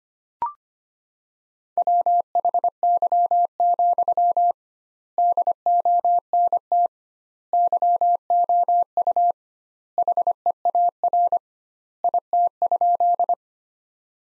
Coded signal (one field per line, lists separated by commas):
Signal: Morse code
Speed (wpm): 25 wpm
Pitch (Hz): 700 Hz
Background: none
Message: WHY, DONT YOU HEAR IT?